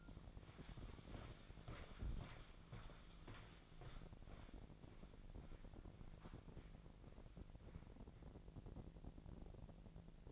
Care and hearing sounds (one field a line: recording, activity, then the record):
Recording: daily activity, microphone in the room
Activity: walk to room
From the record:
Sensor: 5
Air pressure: 1012.4 hPa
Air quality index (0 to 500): 247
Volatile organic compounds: 4 ppm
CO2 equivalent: 1640 ppm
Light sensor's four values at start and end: 59/125/56/63 and 51/121/49/51